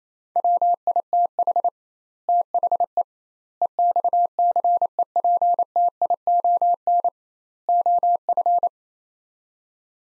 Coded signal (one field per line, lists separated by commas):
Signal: Morse code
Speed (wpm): 28 wpm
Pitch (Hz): 700 Hz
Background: none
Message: WITH THE EXCEPTION OF